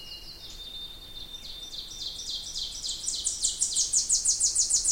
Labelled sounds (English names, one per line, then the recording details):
Ovenbird song
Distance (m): 35 m
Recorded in boreal forest in Alberta, Canada, on 20 June 2016 at 06:41
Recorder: SongMeter 3, array SBT-6-81
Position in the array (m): 5 m, 287 m
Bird 26